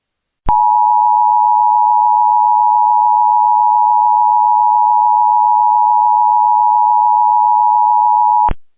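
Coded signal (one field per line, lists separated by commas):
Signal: Emergency Alert System (SAME) tones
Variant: 853 and 960 Hz attention tone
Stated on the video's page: Mock EAS alert, not a real broadcast.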